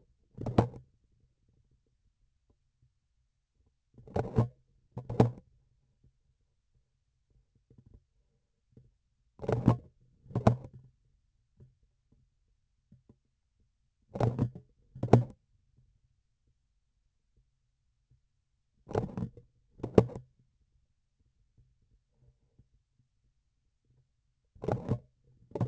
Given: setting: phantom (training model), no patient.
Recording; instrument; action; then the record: laparoscopic instrument, vibration sensor on the handle end; grasping forceps; opening and closing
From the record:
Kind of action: tool actuation without material contact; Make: other than Olympus